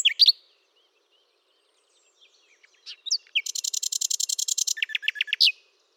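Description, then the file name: Common nightingale song: a few sharp notes, near silence, then a long, fast, even buzzing rattle followed by several lower clipped notes. "Luscinia megarhynchos"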